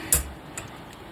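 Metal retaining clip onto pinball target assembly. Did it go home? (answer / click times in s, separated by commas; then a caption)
yes / 0.1 s. A small metal retaining clip, first opened slightly with pliers, is hooked onto the lip of a snap target part from a Gottlieb Royal Guard pinball machine and squeezed down. It gives a sharp click at 0.1 s, followed by a fainter tick at 0.6 s. The clip is seated correctly on the target.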